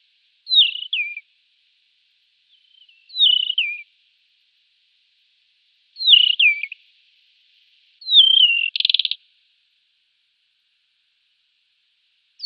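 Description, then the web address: Desert wheatear singing short, falling whistled phrases every few seconds, one followed by a brief dry rattle. "Schulze Peter Desert Wheatear song"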